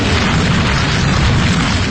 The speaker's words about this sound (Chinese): 发生塌方了，只有我被砸得脊椎错位了